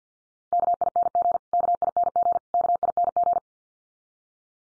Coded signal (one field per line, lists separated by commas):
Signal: Morse code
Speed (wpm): 56 wpm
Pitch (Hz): 700 Hz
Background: none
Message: KING KING KING